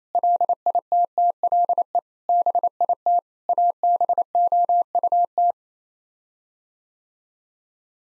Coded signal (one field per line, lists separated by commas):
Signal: Morse code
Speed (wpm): 28 wpm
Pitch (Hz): 700 Hz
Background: none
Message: LITTLE BIT ABOUT